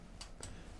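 A ratchet pawl, or clicker, is put back on the roller of a quilt frame after the quilt has been rolled into place, and the roller is turned to tighten the quilt. Two short, sharp ticks are heard at 0.2 s and 0.4 s over a low steady background. The pawl is re-engaged and seated.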